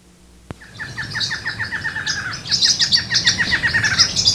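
Bird giving a rapid series of short down-slurred chirps, with higher notes joining about halfway through; a sharp click near the start.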